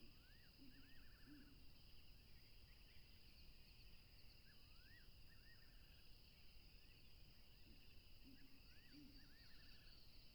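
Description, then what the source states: Cricket chorus holding two unbroken high trills throughout, over rushing noise, with looping rising chirps in the middle range and short low hoots near the start and near the end. Crickets recorded along a tropical river.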